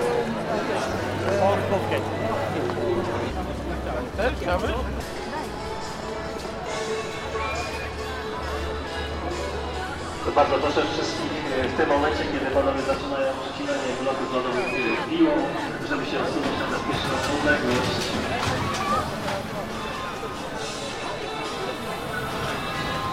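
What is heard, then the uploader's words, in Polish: A Christmas market crowd murmurs steadily, many overlapping voices, with a low hum underneath and brief louder exclamations throughout. Jarmark Bożonarodzeniowy we Wrocławiu. Lokalizacja: Stare Miasto, Rynek. Czas: 16:53. Rekorder, mikrofon: sony pcm d50. Wielotysięczny gwar.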